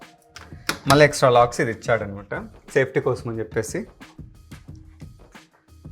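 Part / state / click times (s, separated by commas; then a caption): window safety lock latching into the window frame / seated / 0.7 s. A window child-safety lock is closed and latches into the window frame with a sharp click at 0.7 s, showing the lock has snapped shut. Someone talks over it, and a few fainter knocks follow near the end.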